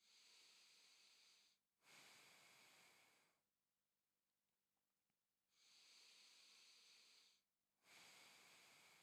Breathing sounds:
nose breathing near a microphone
0.00-1.64 s: inhalation
1.64-3.44 s: exhalation
5.39-7.59 s: inhalation
7.59-9.03 s: exhalation
From the record:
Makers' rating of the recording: medium

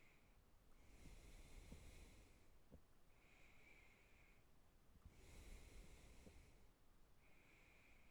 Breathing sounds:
nose breathing near a microphone
0.00-0.73 s: inhalation
0.73-2.94 s: exhalation
2.94-5.03 s: inhalation
5.03-7.07 s: exhalation
7.07-8.11 s: inhalation
From the record:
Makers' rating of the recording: good

